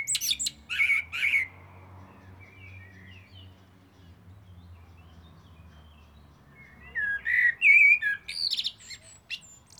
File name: Turdus merula